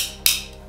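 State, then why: Seated. After two AA batteries are placed face down in the compartment of an ANVIS-9 night-vision goggle battery pack, the compartment cover is closed. Over a steady low hum and fading high hiss, a single sharp, bright snap at 0.3 s rings out and quickly decays. The cover seats with a positive snap.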